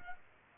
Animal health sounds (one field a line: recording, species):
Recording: mosquito wingbeat signal from an infrared sensor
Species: Culex pipiens